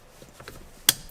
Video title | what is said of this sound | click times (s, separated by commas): Install of Volkswagen Mk6/Mk7 Shift knob into Mk5 Volkswagen EOS | and you'll hear a click and the push button will pop out | 0.9 s